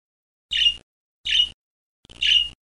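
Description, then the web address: Budgerigar giving three harsh, squawky notes spaced under a second apart. "tiger skin parrot call"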